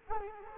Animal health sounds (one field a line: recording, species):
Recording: mosquito wingbeat signal from an infrared sensor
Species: Culex quinquefasciatus